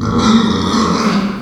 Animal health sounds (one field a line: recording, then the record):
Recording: squeal of a Yucatan mini pig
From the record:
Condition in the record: after surgery on the right vocal fold (resection and tissue-engineered implant)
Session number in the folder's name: 15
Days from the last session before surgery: 175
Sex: female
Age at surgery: 19 weeks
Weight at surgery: 25 kg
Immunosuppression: prednisolone